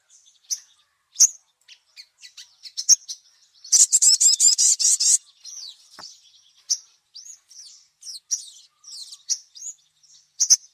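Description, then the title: Little spiderhunter song: spaced single high chirps, a short fast rattle of shrill notes near the middle, then more separate chirps. Masteran for training songbirds; the 'Labaik' song variety. "Masteran Burung Sogok Ontong Labaik"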